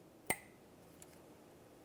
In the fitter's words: slide it into position, and listen for a click.